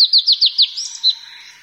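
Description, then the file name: Blue-and-white flycatcher song: five quick, clear whistled notes, each sliding downward, followed by a softer twittering flourish. "ooruri"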